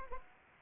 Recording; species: mosquito wingbeat signal from an infrared sensor; Anopheles arabiensis